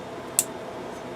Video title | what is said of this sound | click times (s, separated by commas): Kitchen faucet with sprayer #2 | Hear that snap again. | 0.4 s